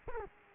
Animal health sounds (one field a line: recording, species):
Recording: mosquito wingbeat signal from an infrared sensor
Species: Culex quinquefasciatus